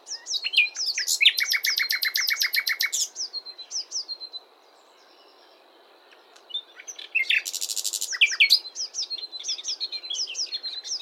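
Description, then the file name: Common nightingale song with rich varied phrases: rapid buzzy trills, sharp whistled notes and a long steady whistle, a pause, then more churring rattles and chirps. "Luscinia megarhynchos"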